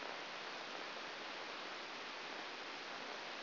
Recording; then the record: brain microelectrode recording played as sound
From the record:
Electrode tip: outside the subthalamic nucleus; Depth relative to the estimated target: -1 mm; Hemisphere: right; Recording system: AlphaMap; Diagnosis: Parkinson's disease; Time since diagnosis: 12 years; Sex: male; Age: 57 years